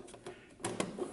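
Plastic hook tabs on the left side panel of a TabSynth enclosure for a Lulzbot Mini 3D printer are inserted at the bottom, and the remaining tabs are engaged into the enclosure frame with a slight bending motion, which goes very easily. After a faint tap at 0.3 s, two sharp clicks sound at 0.6 s and 0.8 s as the tabs seat.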